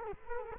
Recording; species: mosquito wingbeat signal from an infrared sensor; Culex quinquefasciatus